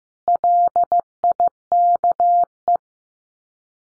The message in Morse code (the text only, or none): LIKE